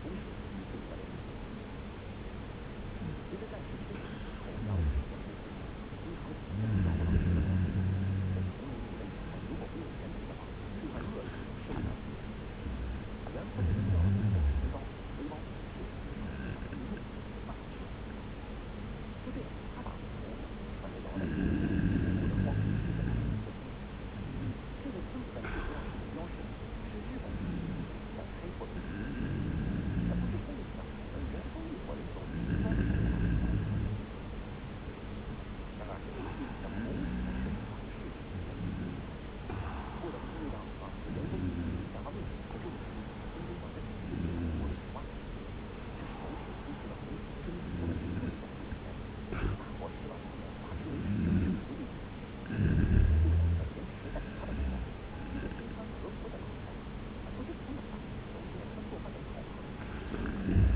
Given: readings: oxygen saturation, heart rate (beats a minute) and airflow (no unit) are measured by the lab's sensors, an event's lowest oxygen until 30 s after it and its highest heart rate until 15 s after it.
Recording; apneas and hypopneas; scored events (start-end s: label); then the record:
breathing in sleep by a voice recorder at the bedside; 1
35.00-53.20 s: hypopnea (N2, oxygen 95% highest, then 93% lowest)
54.00-60.76 s: new sleep stage, N1 (lightest sleep)
From the record:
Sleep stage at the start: N2 (light sleep); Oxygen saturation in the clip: 93 to 95%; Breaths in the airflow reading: 18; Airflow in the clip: -1.1 to 2.1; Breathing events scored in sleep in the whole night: 335 in 6.7 hours asleep